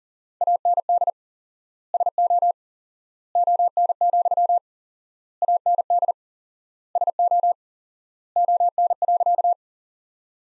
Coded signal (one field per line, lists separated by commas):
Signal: Morse code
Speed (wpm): 37 wpm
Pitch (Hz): 700 Hz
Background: none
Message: AND SO ON, AND SO ON.